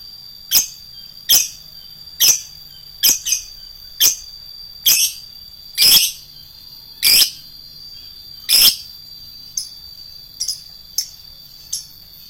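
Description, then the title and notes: Lovebird calls: brisk, high, shrill notes repeated irregularly, a few harsher and buzzier, over a steady high whine. Adult fighter lovebird. "LOVEBIRD FIGTER. Lovebird Dewasa"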